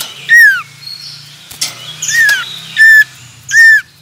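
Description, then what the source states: Common iora calls: four short curved whistles that rise then fall, spaced irregularly over a low steady background hum. Male.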